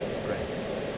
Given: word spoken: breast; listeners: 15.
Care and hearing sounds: one English word in noise, from a listening test; speech-shaped noise; -6.0 dB; 1 of 15; 6 of 15; 0.58 s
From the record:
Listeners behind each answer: 6, 4, 1, 1, 1, 1, 1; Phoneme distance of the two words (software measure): 27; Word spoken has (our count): 1 syllable, 5 phonemes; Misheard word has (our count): 1 syllable, 4 phonemes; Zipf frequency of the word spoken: 4.19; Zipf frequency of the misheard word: 4.34

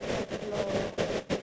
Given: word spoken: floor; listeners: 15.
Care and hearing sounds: one English word in noise, from a listening test; noise modulated by three-talker babble; -6.3 dB; 3 of 15; 7 of 15; 1.02 s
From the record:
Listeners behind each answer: 7, 3, 2, 1, 1, 1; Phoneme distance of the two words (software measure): 7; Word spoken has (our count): 1 syllable, 3 phonemes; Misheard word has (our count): 1 syllable, 2 phonemes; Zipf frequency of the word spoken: 5.04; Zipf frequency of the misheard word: 5.05

